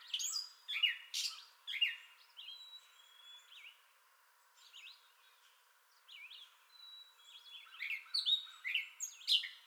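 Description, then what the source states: Gray catbird song in bursts: squeaky and whistled phrases at the start, a quiet gap with soft notes in the middle, then a renewed rush of scratchy varied notes. Entire song bout, recorded 2021-05-30.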